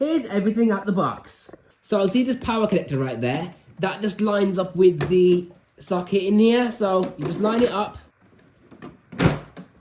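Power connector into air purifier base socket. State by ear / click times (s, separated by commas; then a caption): seated / 9.6 s. Someone talks while lining up the plastic power connector with the socket in the base of a Dyson Big + Quiet Formaldehyde air purifier and pushing it in. Short handling knocks at 8.8 s and 9.1 s lead to a sharp click at 9.6 s as the connector seats securely in the socket.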